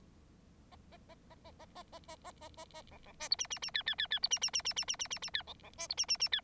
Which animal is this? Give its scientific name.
Lonchura striata domestica